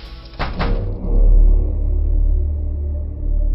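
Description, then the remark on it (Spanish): A white-painted door is shut with a sharp double thud, the latch catching right after the first impact, followed by a low, heavy rumble that lingers and slowly fades. “pero Amy volvió a cruzar el umbral de la puerta pintada de blanco y encerró el espantoso secreto detrás de él.”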